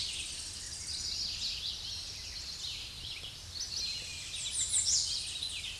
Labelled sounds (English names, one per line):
American Redstart song